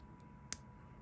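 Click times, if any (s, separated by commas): 0.5 s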